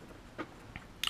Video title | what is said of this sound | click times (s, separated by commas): Intel Edison Unboxing | line it up and you apply bit of pressure and it just snaps right in | 0.8 s, 1.1 s